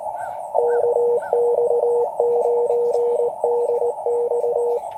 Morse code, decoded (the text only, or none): KX9DX